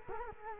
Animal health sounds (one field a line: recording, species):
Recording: mosquito wingbeat signal from an infrared sensor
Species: Culex quinquefasciatus